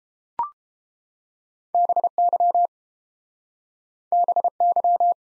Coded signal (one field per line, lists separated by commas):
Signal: Morse code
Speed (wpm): 29 wpm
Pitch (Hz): 700 Hz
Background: none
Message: BY BY